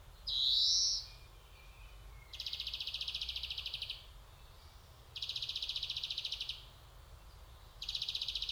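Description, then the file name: European greenfinch song: one buzzy wheeze followed by three rapid rattling trills, the first two about one and three-quarter seconds each and the last cut off by the end, spaced evenly; background calm. "Chloris chloris"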